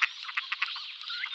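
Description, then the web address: Gadwall calling in quick nasal bursts, several sharp notes at first, then a more continuous reedy chatter. Display. "Schulze Peter Gadwall display"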